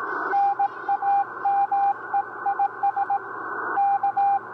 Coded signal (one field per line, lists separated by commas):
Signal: Morse code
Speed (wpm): 18 wpm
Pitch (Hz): 800 Hz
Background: radio noise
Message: NAME IS K